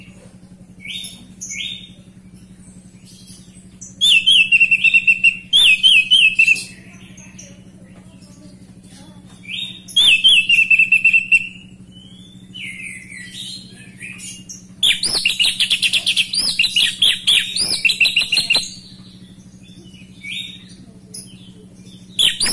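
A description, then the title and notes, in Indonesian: An orange-headed thrush sings in loud bursts of rich whistles mixed with rapid, rattling chatter, around 4, 10, and 15 to 18 seconds, with softer phrases in between. A steady low hum runs underneath the whole time. Anis merah gacor terompet.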